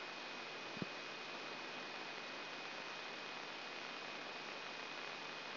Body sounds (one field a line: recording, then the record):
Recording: brain microelectrode recording played as sound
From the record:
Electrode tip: outside the subthalamic nucleus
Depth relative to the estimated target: 1 mm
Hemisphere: left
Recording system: AlphaMap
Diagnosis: Parkinson's disease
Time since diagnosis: 9 years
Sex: male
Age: 66 years